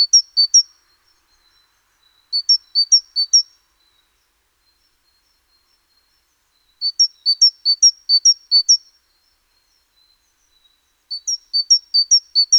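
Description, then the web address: Great tit repeating short strophes of several bright two-note pairs, separated by pauses of a few seconds, in otherwise quiet surroundings. "SETE data Parus major"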